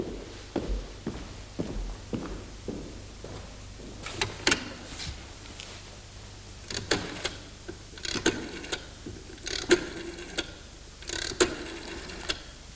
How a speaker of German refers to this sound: Da ist doch schon wieder dieses komische Geräusch. Was für ein Geräusch, Herr General? Tickt immer noch.